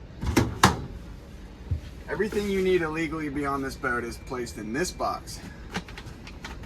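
A hinged storage compartment door on a boat is lifted and lowered so it locks into its latch, giving two sharp hits at 0.4 s and 0.6 s, the second one louder. Someone then talks, and a few faint taps follow near the end. The door is seated and locked into place.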